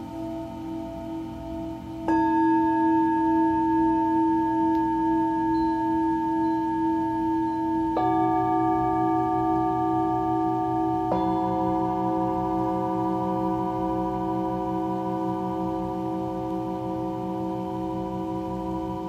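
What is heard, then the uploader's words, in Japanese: A Tibetan singing bowl rings with long, steady sustained tones. New strikes land at about 2, 8 and 11 seconds, each adding fresh ringing partials over the lingering hum. A low pulsing shimmer runs underneath throughout, and the sound never fades away. メキシコから シンギングボウルのサウンドヒーリング。新月の真夜中のメキシコより。チベタンシンギングボウル。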